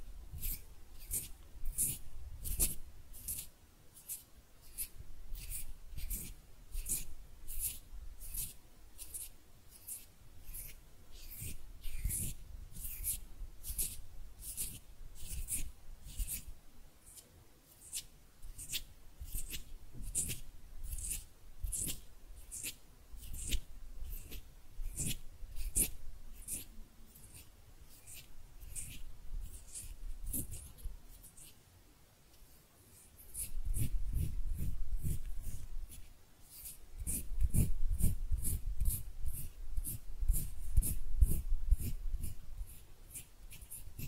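Hand sounds: a fast, busy stream of dry clicks and scratchy ticks that runs the whole way through, like fingers tapping and rubbing. The pace stays quick and fairly even, then louder, heavier rubbing with a low thump joins in during the last ten seconds.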